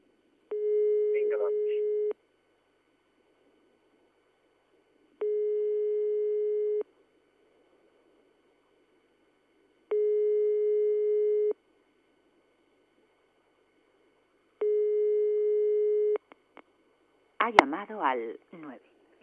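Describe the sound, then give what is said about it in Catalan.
A telephone ringback tone sounds through the line: four steady, buzzy, mid-pitched bursts, each about a second and a half, evenly spaced by silent gaps, followed by a brief burst of voice at the end. “Vale, ara ja està sonant, no? Sí, ja està sonant.”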